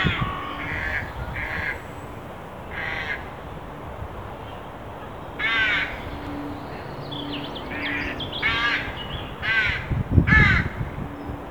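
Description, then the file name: Carrion crow calls, a series of hoarse caws in short groups, with a low steady hum and a few dull knocks near the end. "Corvus corone"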